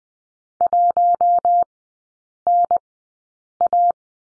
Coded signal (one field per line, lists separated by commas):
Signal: Morse code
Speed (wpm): 20 wpm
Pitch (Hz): 700 Hz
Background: none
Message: 1NA